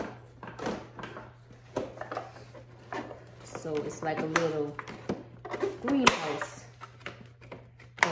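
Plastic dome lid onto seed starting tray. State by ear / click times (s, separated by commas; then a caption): seated / 8.0 s. A clear plastic humidity dome is pressed onto a plastic seed-starting tray to make a mini greenhouse while someone talks, with light handling clicks and rustles throughout. The dome snaps into place with a sharp click at 8.0 s, and it is seated.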